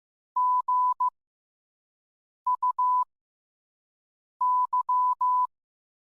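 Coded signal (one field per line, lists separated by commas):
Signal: Morse code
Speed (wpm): 15 wpm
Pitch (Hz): 1000 Hz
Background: none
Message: GUY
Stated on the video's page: Morse code in a fictional story episode, accompanying a poem by John Keats.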